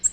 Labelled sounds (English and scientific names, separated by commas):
Nashville Warbler (Leiothlypis ruficapilla) flight call